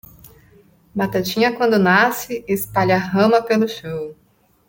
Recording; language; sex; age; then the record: short text; Brazilian Portuguese; female; 30 to 39 years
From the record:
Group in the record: control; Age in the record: 30 years